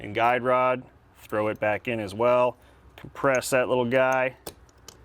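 Someone talks while handling the recoil spring and guide rod assembly, compressing it before dropping it into a Sig Sauer P238/P938 compact pistol slide against the barrel. A few faint, short metallic ticks come near the end, but the part has not yet gone home, and nothing has seated or clicked yet.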